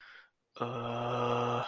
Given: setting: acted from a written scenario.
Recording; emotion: vocal sound without words; confusion